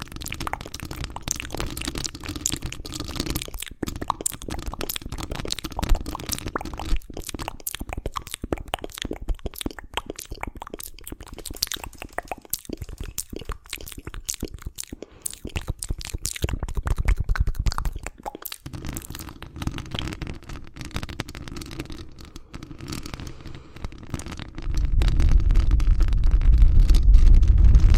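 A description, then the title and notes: Dense, rapid mouth sounds: wet clicks and crackles pile up continuously, with a low rumbling swell growing louder in the last few seconds. TINGLY MOUTH SOUNDS.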